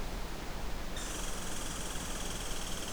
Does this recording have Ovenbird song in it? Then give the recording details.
no. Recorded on 23 June 2016 at 08:22. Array SBT-6-76